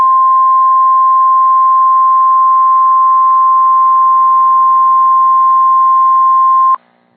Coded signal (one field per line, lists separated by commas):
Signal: Emergency Alert System (SAME) tones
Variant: 1050 Hz attention tone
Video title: SEVERE THUNDERSTORM WATCH EAS (3 days ago)